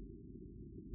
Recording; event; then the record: neck accelerometer signal played as sound; no cough (speech, laughter, throat clearing or background)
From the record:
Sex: female